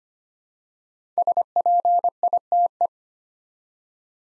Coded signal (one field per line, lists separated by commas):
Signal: Morse code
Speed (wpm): 25 wpm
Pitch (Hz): 700 Hz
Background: none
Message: SPITE